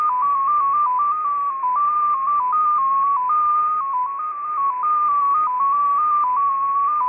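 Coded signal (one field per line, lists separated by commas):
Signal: multi-tone FSK (Olivia or MFSK type)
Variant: XPA2 14-tone MFSK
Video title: XPA2 on 10921 kHz USB January 31, 2021 12:00 UTC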